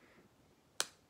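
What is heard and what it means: A plastic hand is pulled off the wrist peg of a poseable Power Rangers action figure after a struggle. It comes free with a single sharp snap at 0.8 s against a quiet background, and the hand is released.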